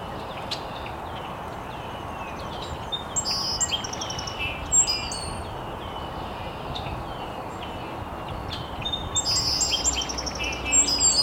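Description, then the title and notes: Mixed bird chirps, quieter at first, then scattered twitters and short trills grow busier toward the end, over steady hiss. Birds chirping very early in the morning in an estuary. "Birds Chirping in the Early Morning. Original sounds of birds chirping very early in the morning in an estuary"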